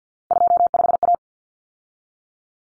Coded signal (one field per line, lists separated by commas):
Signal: Morse code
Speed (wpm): 50 wpm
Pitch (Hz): 700 Hz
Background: none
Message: 25A